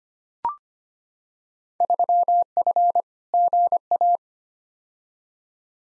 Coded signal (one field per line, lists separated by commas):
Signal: Morse code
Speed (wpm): 25 wpm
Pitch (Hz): 700 Hz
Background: none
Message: 3F GA